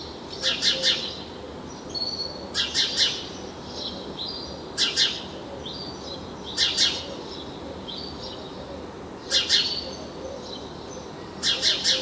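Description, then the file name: House Sparrow: loud clusters of two or three harsh chirps recur every few seconds, with softer thin notes in the gaps. "Passer domesticus"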